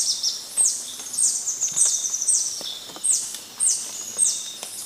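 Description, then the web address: Yellow-throated bush tanager giving repeated piercing, downslurred high notes at an uneven brisk pace, with a thin steady high tone in the background. Recorded in Ecuador. "Birds of Ecuador. Yellow-throated Bush-Tanager"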